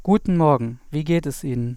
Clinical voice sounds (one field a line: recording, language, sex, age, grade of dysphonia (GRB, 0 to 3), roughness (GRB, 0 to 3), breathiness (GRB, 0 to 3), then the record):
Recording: spoken sentence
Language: German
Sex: male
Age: 30 to 39 years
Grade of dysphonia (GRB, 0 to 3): 2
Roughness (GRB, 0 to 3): 2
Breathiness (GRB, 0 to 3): 0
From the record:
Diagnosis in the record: hypotonic dysphonia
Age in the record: 37 years